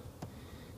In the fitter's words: the vehicle's uh Port right here so there we go it just snaps right into place